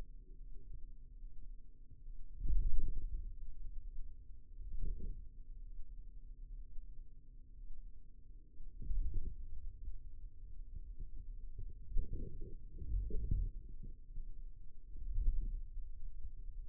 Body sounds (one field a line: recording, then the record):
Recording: forearm muscle sounds (acoustic myography)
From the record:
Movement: wrist extension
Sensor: system 2, bracelet of six BSWA MPA416 microphones around the upper forearm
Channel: 4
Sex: male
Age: 22 years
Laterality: right